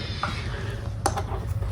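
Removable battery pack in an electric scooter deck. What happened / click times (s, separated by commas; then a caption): The motorized battery lock released / 1.1 s. After the Mukuta 9+ electric scooter is switched off and its P setting is switched, the motorized lock holding the removable battery pack in the deck releases with a sharp mechanical clack at 1.1 s, over a low steady hum with a fainter tick near 0.2 s. The battery pack is released and can be pulled out of its locked position.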